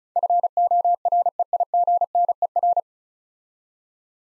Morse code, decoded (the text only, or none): FOREIGNER